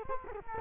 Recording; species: mosquito wingbeat signal from an infrared sensor; Culex quinquefasciatus